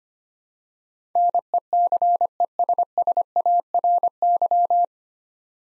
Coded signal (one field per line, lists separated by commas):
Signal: Morse code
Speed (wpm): 25 wpm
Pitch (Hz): 700 Hz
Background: none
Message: NECESSARY